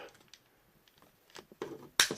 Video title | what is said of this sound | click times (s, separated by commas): Power of the Primes OPTIMAL OPTIMUS Evolution Leader Class Review | it right there so you got to lift it up snap | 2.0 s